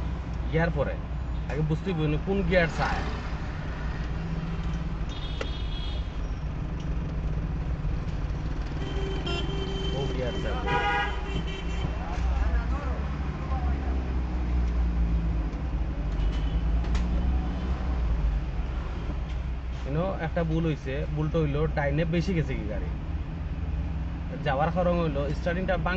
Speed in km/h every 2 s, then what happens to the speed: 29, 29, 23, 20, 15, 12, 9, 4, 3, 2, 11, 17, 16.
3-17 slows to 2. 17-22 speeds up to 17.